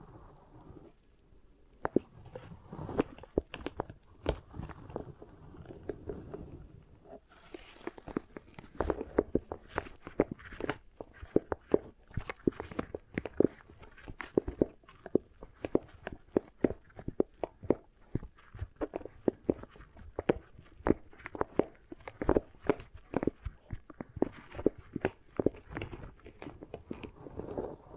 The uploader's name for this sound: Really Nice Beeswax Ear Triggers